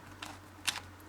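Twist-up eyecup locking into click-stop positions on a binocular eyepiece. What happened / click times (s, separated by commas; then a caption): The twist-up eyecup clicked into its detent stops / 0.2 s, 0.7 s. The twist-up eyecup on a Viking Kestrel 10x42 ED binocular eyepiece, rubber over a plastic/metal barrel, is turned through its intermediate click-stop positions. Two short, crisp clicks sound at 0.2 s and 0.7 s over a low steady hum, the second sharper and louder. The eyecup locks firmly into its detents midway and does not move, giving nice clean clicks.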